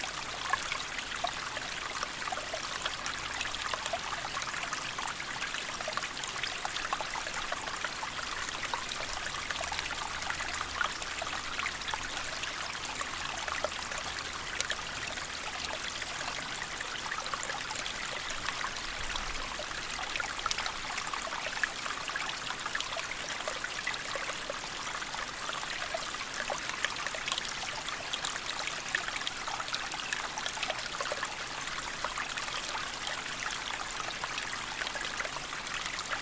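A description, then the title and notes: A small woodland stream runs steadily, its bright, dense trickle and splash holding an even level throughout, with a faint low rumble underneath. Babbling Brook Calming Water Sounds. A small stream running down through the woods in the Carron Valley, Falkirk, Scotland.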